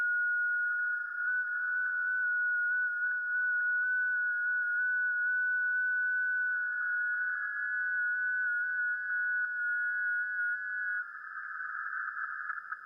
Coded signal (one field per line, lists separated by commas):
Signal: FT8